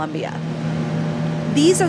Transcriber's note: soundbite of fans whirring